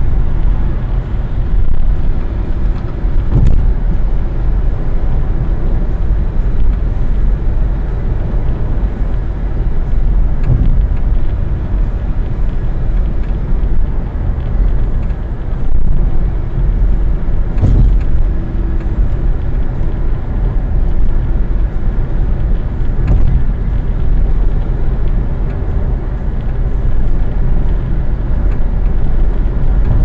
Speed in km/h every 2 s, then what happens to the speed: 78, 76, 75, 75, 76, 75, 76, 74, 75, 78, 79, 80, 79, 78, 79.
0-30 steady at about 76.